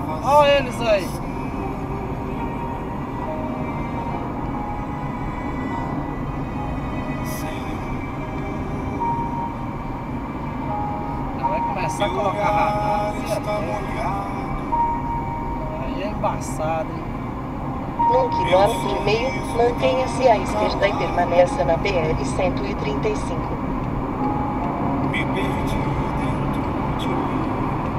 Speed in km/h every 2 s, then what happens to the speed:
87, 91, 94, 92, 90, 91, 89, 89, 92, 98, 102, 106, 110, 112.
0-3 speeds up to 94. 3-15 steady at about 90. 15-28 speeds up to 112.